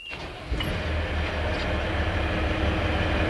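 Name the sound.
boat engine running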